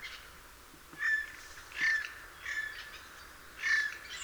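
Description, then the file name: Eurasian jay calling with raspy, noisy screeches, four harsh bursts at irregular intervals. "Garrulus glandarius"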